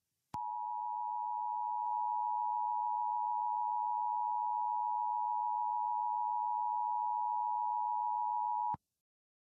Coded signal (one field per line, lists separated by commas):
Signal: Emergency Alert System (SAME) tones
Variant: 853 and 960 Hz attention tone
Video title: Tornado Warning EAS MOCK